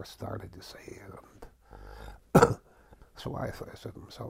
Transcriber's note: he clears his throat